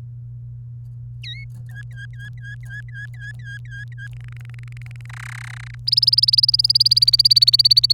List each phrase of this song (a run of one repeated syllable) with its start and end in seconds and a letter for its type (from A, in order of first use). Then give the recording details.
1.24-1.44 A, 1.69-4.08 B, 4.13-5.06 C, 5.09-5.75 D, 5.87-7.92 E. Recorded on 29 April 2018 at 07:57. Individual llb3